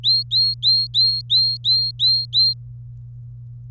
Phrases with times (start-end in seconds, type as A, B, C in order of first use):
0.04-2.53 A